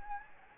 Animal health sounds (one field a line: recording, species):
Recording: mosquito wingbeat signal from an infrared sensor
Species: Anopheles gambiae